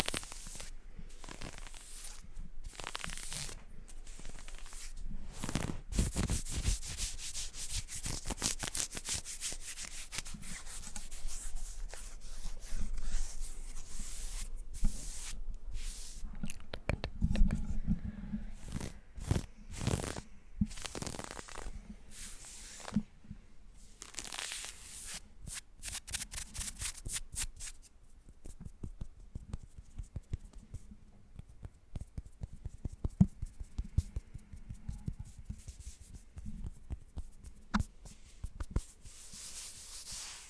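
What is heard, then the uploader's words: Fingernails scratch and rub across leggings and pants fabric in quick, uneven strokes, producing a dense, bright rasping hiss. The scratching runs heavily through the first half, with bursts of rapid strokes around 6–10 and 17–27 seconds, then thins to sparser, softer rubs after about 28 seconds. ASMR Fabric Sounds, Scratching on Leggings, Shorts, Pants.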